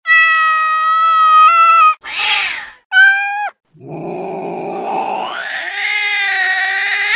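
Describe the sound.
Cat meows, a long steady tonal meow, a short breathy hiss-like sound, a brief meow, then a drawn-out rising yowl.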